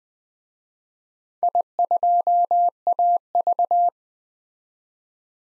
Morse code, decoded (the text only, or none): I2AV